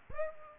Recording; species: mosquito wingbeat signal from an infrared sensor; Aedes aegypti